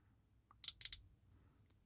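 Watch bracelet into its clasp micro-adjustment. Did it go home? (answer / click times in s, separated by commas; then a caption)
yes / 0.7 s, 0.9 s. A watch bracelet on a Halios Fairwind is pushed into the metal clasp's micro-adjustment notches to tighten it. A faint tick at 0.5 s is followed by sharp, bright ratchet clicks at 0.7 s and twice in quick succession around 0.9 s. The bracelet ratchets in and seats in the clasp.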